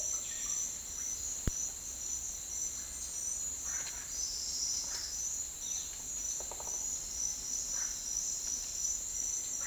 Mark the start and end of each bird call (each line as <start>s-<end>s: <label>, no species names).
0.00s-0.64s: bird call
3.54s-4.05s: bird call
4.81s-5.12s: bird call
6.26s-6.89s: bird call
7.72s-7.95s: bird call